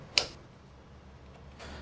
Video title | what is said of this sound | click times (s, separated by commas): HPE ProLiant DL380 Gen9 - Server Memory Overview & Upgrade - How to Install Supported DDR4 DIMMs | those two clicks let you know that the module has fully in seeded and that the tabs | 0.2 s